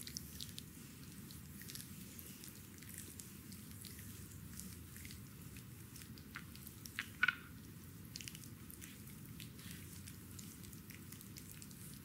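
Stone balls roll steadily during a massage, a soft, low, dense rustle with faint scattered ticks and one sharp clack just past seven seconds.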